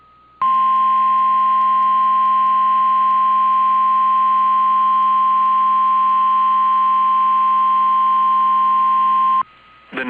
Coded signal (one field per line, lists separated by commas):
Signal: Emergency Alert System (SAME) tones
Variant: 1050 Hz attention tone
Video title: 8/29/2021 | GRR's First FFW since 2014! [EAS #564]